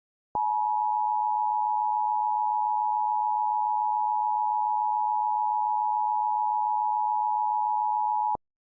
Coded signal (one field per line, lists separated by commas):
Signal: Emergency Alert System (SAME) tones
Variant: 853 and 960 Hz attention tone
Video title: [EAS SCENARIO/ANALOG HORROR] - Dark Autumn